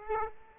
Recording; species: mosquito wingbeat signal from an infrared sensor; Aedes aegypti